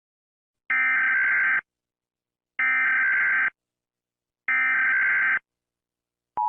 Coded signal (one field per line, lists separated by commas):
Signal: Emergency Alert System (SAME) tones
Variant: header bursts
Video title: Rating EAS Alarms With Facial Expressions | [excuse the description please and thank you]